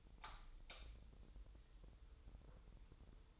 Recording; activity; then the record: daily activity, microphone in the room; light on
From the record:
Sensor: 3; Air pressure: 988.3 hPa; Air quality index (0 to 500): 189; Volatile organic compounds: 250 ppm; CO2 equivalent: 4362 ppm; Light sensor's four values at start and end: 8/19/8/8 and 11/29/12/11